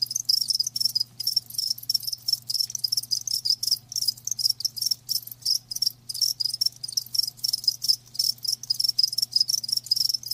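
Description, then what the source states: Crickets give rapid, high-pitched pulsed chirps repeating steadily in short bursts, a low hum running throughout. Live crickets chirping, a lulling song.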